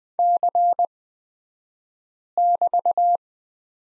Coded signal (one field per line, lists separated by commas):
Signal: Morse code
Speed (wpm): 20 wpm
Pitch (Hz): 700 Hz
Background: none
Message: C<BT>